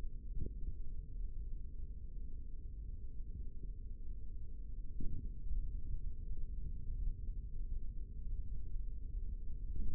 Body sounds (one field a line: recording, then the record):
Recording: forearm muscle sounds (acoustic myography)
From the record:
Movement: tripod grip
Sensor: system 3, bracelet of six PUI Audio POM-2738L microphones around the upper forearm, with dedicated amplification and filtering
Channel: 6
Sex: male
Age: 55 years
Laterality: right